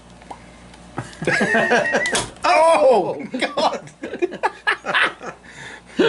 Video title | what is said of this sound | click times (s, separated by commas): Unboxing Elvira perceptor from the transformers and Ace Frehley | let's remove her hear the pop | 1.0 s